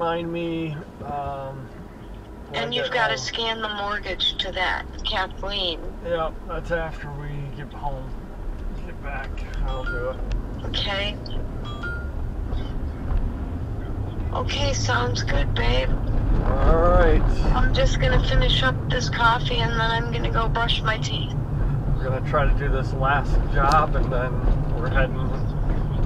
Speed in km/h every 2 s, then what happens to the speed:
0, 0, 10, 10, 11, 21, 29, 39, 45, 50, 50, 50, 50.
0-2 standing. 2-4 pulls away to 10. 8-17 speeds up to 50. 17-26 steady at about 50.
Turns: 5-12.